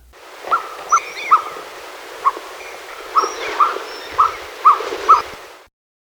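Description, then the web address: Rufous-bellied nighthawk calling in short, sharp notes, several of them with uneven spacing and gaps midway. Ecuador. "Natures Songs S America Birds of Ecuador. Rufous-Bellied Nighthawk"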